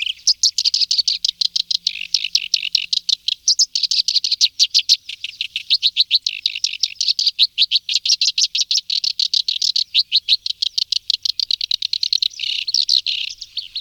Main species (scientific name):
Acrocephalus bistrigiceps